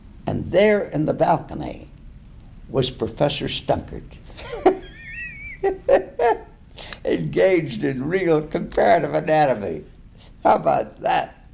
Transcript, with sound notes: And there in the balcony was Professor Stunkard. [laughter] Engaged in real comparative anatomy! How about that.